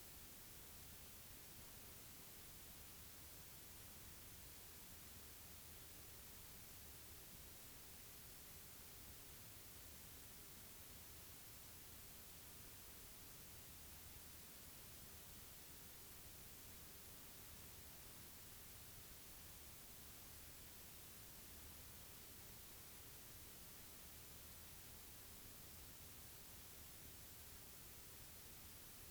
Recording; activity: daily activity, guitar pickup as the sensor; stand